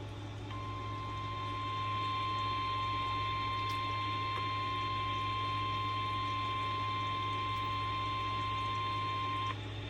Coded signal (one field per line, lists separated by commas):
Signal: Emergency Alert System (SAME) tones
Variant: 1050 Hz attention tone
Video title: Severe Thunderstorm Warnings (EAS #1555-1556)